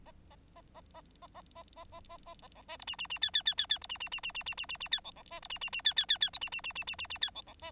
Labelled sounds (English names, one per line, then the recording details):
Bengalese Finch song
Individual Bird9